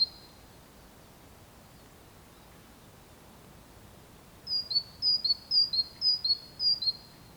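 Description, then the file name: Great tit song: the tail of a phrase, a long quiet stretch, then a bright, high two-note phrase, higher note then lower, repeated about five times in quick rhythm. "Parus major"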